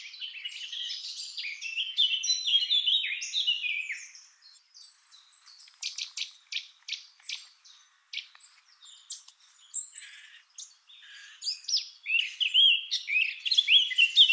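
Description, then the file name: Eurasian blackcap song, a loud warbling phrase, then a series of sharp clicking notes, ending in another bright warble. "Sylvia atricapilla"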